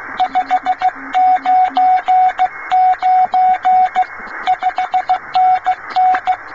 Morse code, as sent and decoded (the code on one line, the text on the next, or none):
..... ----. ----. / ..... -. -.
599 5NN